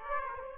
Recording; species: mosquito wingbeat signal from an infrared sensor; Aedes aegypti